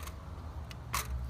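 The metal side bar of a folding camping table's top is lined up with the tabs on the aluminum legs and pushed down, giving a faint tick at 0.7 s and then a sharp snap at 1.0 s over a low hum. The bar seats onto the leg tabs and the table is assembled.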